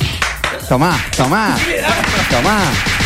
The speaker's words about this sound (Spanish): Tomá, cachetada.